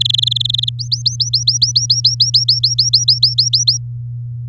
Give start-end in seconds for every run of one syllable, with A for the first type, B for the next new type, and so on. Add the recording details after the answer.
0.00-0.69 A, 0.79-3.78 B. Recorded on 9 May 2018 at 06:52. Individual llb16